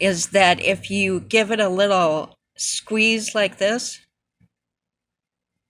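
Someone talks while squeezing the small plastic latch on a diamond painting bead storage container lid so that the latch pokes out more before it gets snapped shut. Only quiet handling is heard under the speech, and nothing has clicked or latched yet.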